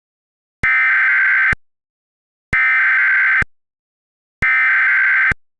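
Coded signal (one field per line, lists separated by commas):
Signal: Emergency Alert System (SAME) tones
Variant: header bursts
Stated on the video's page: Simulated EAS scenario.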